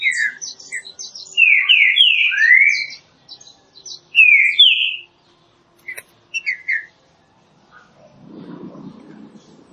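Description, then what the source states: Green-winged saltator singing loud whistled phrases, a pause, then shorter phrases, with a low rumble near the end. Classic song used for song training.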